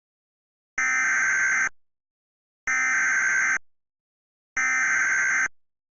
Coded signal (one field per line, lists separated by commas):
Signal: Emergency Alert System (SAME) tones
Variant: header bursts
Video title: EAS Recreation (5/3/2011): Hey look it's on my Birthday